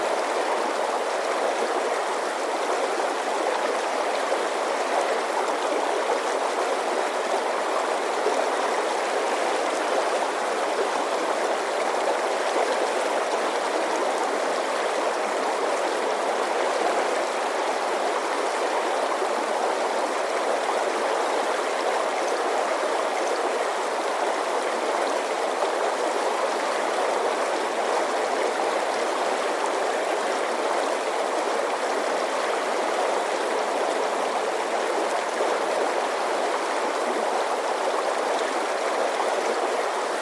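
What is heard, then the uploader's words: Water runs in a steady, dense rush, like a stream pouring over rocks, holding an even level for the whole forty seconds. The sound sits in the middle and upper range with little low rumble, close and continuous, with no separate events or other sounds. Calming Water Sounds.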